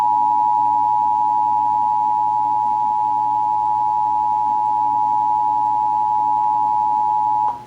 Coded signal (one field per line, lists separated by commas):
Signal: Emergency Alert System (SAME) tones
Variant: 853 and 960 Hz attention tone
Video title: (EAS #573-583) March 2024 Texas Required Monthly Test